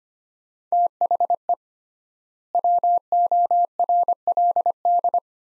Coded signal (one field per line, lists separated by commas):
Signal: Morse code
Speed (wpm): 25 wpm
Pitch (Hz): 700 Hz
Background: none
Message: THE WORLD